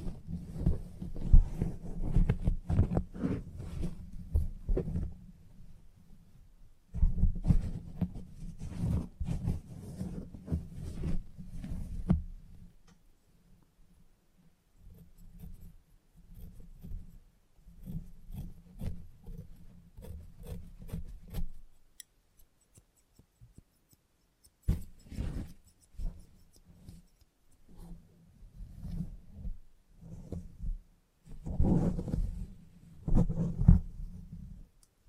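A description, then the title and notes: Salon haircut sounds with scissors and clipper work: bursts of low buzzing and rustling come and go in uneven stretches, with crisp snipping ticks scattered through. Louder spells fall near the start, around 7–12 seconds, and again near 32 seconds, separated by quieter gaps. ASMR Relaxing Salon Haircut Head Massage, Scissors and Clipper(No Talking).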